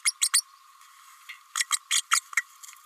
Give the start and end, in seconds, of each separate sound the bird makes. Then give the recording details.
0.05-0.14, 0.21-0.30, 0.33-0.44, 1.55-1.66, 1.71-1.76, 1.90-2.02, 2.11-2.20. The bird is a female. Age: 29 days. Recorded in a nest box in Venezuela. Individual 17B32A5